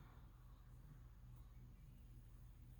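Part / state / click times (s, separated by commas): wrist pin retaining clip into piston / not seated / none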